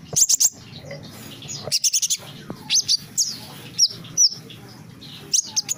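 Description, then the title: Small bird uttering a few high, sharp chirps in short groups separated by quiet gaps over faint background hiss. "Burung Kecil"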